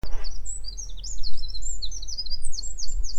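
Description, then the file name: Eurasian wren song: a fast, unbroken stream of high, sharp notes and trills, pouring out continuously for about three seconds over a low background rumble. "Troglodytes troglodytes"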